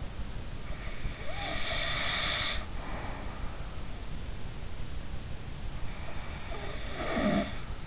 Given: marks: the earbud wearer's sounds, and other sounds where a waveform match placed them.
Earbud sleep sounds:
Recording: sounds in sleep by an in-ear microphone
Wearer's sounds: snoring breath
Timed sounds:
0.76-3.58 s: snoring breath
6.31-7.87 s: snoring breath

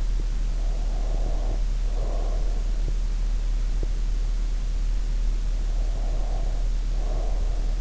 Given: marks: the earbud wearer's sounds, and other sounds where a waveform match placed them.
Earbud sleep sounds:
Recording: sounds in sleep by an in-ear microphone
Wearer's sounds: breath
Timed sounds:
0.42-2.93 s: breath
5.52-7.81 s: breath

